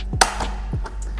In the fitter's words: I'm just going to take my flat head screwdriver place it under those points and start wiggling it around and putting a little bit of pressure until it snaps